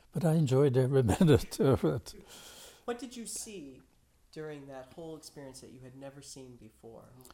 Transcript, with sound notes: But I enjoyed every minute of it! (Laughs) What did you see during that whole experience that you had never seen before?